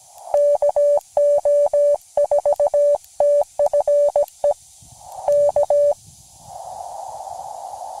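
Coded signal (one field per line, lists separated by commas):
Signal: Morse code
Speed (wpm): 17 wpm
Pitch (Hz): 580 Hz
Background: none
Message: KO4TFE K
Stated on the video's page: QRP CW from a POTA park activation, with bad copying and rough sending.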